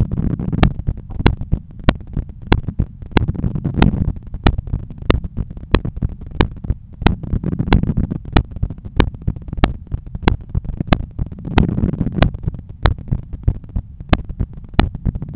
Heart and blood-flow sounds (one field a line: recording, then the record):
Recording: heart sounds by stethoscope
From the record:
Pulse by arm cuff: 92 bpm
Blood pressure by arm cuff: 132/84 mmHg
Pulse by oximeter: 94 bpm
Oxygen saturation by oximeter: 97%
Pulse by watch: 95 bpm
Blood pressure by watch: 128/84 mmHg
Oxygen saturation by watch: 97%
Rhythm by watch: sinus rhythm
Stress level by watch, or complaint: low stress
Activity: after 5 min smoking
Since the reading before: plus 500 steps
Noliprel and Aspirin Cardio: after pills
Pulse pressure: 48 mmHg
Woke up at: 7:20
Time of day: 13:49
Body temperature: 35 C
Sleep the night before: 8 h 11 min, score 61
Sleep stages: REM 22%, light 68%, deep 3%, awake 7%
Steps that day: 9500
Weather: sunny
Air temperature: 27.2 C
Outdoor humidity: 51%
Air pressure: 1015 hPa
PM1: 9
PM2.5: 12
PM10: 16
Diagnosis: hypertension, treated with Noliprel and Aspirin Cardio 100 mg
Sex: male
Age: 53 years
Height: 174 cm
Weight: 81 kg